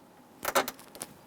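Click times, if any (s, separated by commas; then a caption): 1.0 s. During door reassembly while replacing the power window motor on a 1995-2001 Ford Explorer, a plastic retaining clip is slid over and snapped onto the top of the metal door latch linkage rod to lock it in place. A short burst of scraping and rattling around 0.4–0.7 s is followed by a sharp, bright click at 1.0 s as the clip seats on the rod.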